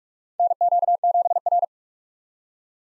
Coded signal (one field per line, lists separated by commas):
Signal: Morse code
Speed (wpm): 47 wpm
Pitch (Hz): 700 Hz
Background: none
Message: NQ7R